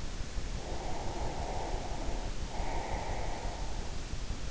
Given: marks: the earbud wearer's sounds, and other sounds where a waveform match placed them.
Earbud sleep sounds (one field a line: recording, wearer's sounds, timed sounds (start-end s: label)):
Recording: sounds in sleep by an in-ear microphone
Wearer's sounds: breath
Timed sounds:
0.56-3.61 s: breath